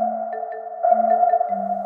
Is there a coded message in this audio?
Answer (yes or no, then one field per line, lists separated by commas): no